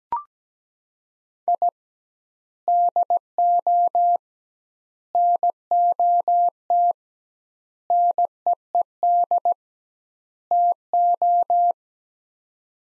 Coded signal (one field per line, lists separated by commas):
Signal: Morse code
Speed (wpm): 17 wpm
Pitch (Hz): 700 Hz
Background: none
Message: I DO NOT NEED TO